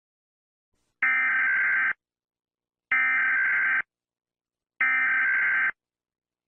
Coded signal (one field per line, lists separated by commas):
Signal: Emergency Alert System (SAME) tones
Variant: header bursts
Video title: Everywhere I went Areas Eas Alarms